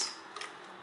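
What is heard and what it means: A click-type torque wrench set to 20 newton meters tightens a bolt on an automatic transmission oil pan. It gives a short double click at 0.4 and 0.4 seconds, over a faint steady hiss. The wrench reaches its 20 Nm setting.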